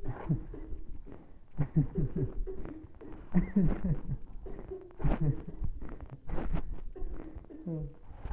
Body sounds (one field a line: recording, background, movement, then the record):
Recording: laughter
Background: a bystander coughing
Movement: sitting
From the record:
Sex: male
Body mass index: 20.5 kg/m2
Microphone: on the chest, facing the body